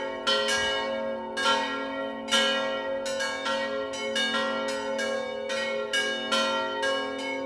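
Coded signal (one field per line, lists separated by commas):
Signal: bell signal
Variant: Italian distesa ringing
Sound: several church bells swinging and ringing continuously, overlapping strikes about every second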